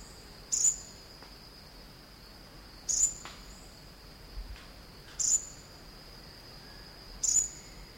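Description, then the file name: Elegant sunbird calls: brief, very high, sharp chips repeated about every two and a half seconds, over a steady high-pitched insect drone. Call recorded on Sangihe. "aethopyga duyvenbodei sangihe call"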